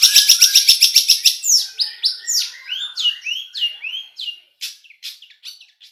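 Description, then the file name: Long-tailed shrike song opening with a fast series of sharp high notes, then slurred, warbled phrases that bend up and down and gradually fade. "suara cendet"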